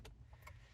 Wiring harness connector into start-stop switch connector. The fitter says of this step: that tells us the connector is fully seated and locked into place.